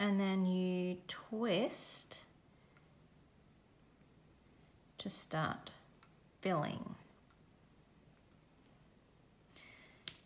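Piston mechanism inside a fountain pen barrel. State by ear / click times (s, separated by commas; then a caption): seated / 10.1 s. Someone talks at intervals while twisting the piston knob of a piston-filling fountain pen to draw in ink, with faint ticks from the mechanism around 9.5 s. The piston inside the pen barrel reaches the end of its travel with a small, sharp click at 10.1 s, showing it has seated fully.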